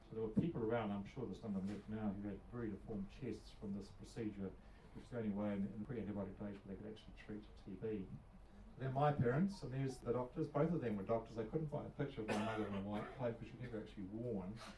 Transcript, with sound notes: So there were people around – I’m sure there’s some I’ve met now who had very deformed chests from this procedure, which was the only way in the pre-antibiotic days that they could actually treat TB. They’re my parents, and there’s the doctors; both of them were doctors. I couldn’t [coughing] find a picture of my mother in a white coat ‘cause she never actually wore one.